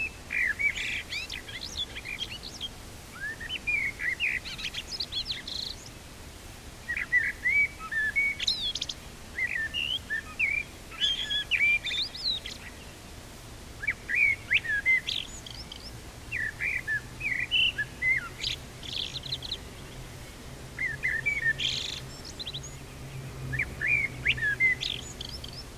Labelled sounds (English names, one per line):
Common Blackbird song